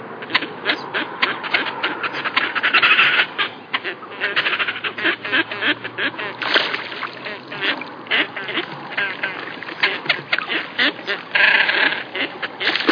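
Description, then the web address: Great crested grebe calling, a long loud run of harsh rattling, growling phrases with brief pauses. "Toppet-lappedykker"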